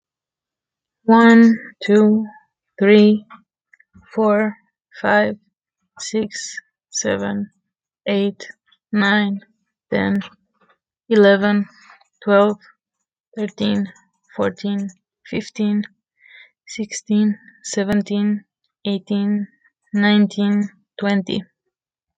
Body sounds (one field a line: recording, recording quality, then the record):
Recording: counting at a normal pace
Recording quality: excellent, no background noise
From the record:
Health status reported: exposed to COVID-19, no respiratory illness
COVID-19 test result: negative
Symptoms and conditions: fatigue, muscle pain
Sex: female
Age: 29 years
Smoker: not ticked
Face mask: not worn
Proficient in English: yes